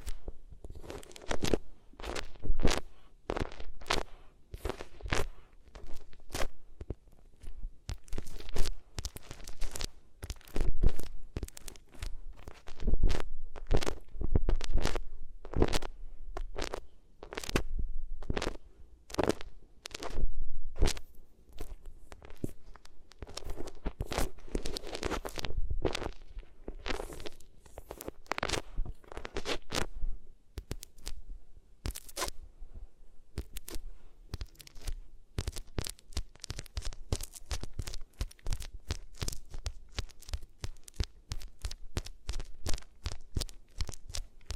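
Ears are rubbed against different materials, making rapid, irregular crunchy scrapes and crackles that keep coming throughout, with a low rumble beneath.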